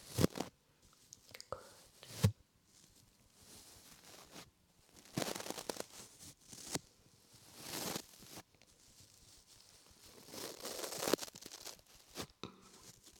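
Ear rubbing and brushing make soft, irregular swishing and crinkling bursts, with a few sharp clicks near the start and around two seconds.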